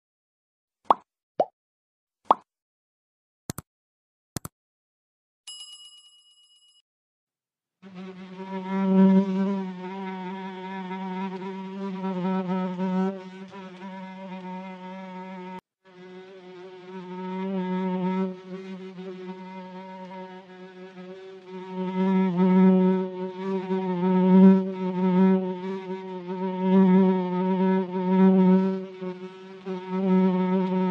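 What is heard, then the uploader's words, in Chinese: After a few sharp taps and a brief chime, a fly buzzes steadily and close from about eight seconds on, briefly cutting out midway. 蒼蠅的聲音。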